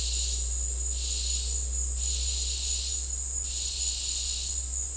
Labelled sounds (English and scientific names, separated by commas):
none